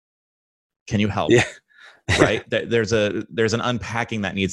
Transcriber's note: laughing